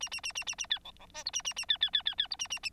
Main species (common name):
Bengalese Finch